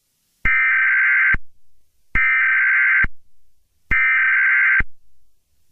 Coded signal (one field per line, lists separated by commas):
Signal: Emergency Alert System (SAME) tones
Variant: header bursts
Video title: (EAS Scenario) The Arctic Tsunami